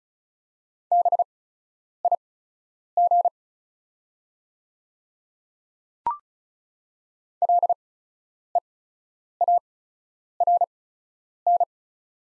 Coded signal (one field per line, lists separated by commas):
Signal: Morse code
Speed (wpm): 36 wpm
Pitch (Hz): 700 Hz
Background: none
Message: BIG LEARN